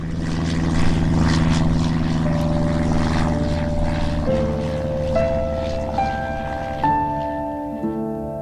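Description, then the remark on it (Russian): A propeller airplane drones loudly and steadily as it climbs higher into a blue sky, its engine giving a thick harmonic hum, while a thinner whining tone climbs higher in pitch in several steps. “— сказал Нейт, когда они все выше поднимались в голубое небо.”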